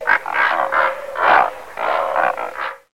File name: Pelecanus onocrotalus